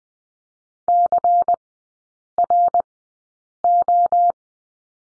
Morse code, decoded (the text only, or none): CRO